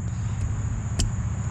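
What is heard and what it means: An AUXITO H11 LED headlight bulb is lined up and pushed into a car's halogen headlight assembly, over a steady low rumble and a constant high-pitched tone. A single sharp click at 1.0 s marks the bulb seating in the housing.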